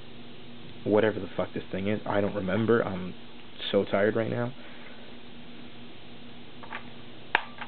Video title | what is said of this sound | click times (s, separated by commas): Prophecy Loader Disassembly and Re-Assembly (Part-4) | should click in if it doesn't click in it's assembled wrong | 7.4 s